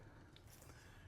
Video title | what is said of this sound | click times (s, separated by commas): Stinger Gateway Gen1 Kohler New Harness Install Stinger | Go ahead and press it in. You'll feel it click. | 0.4 s